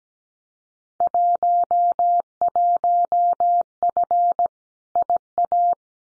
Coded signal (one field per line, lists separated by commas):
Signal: Morse code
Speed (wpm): 17 wpm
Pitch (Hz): 700 Hz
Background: none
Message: 11F IA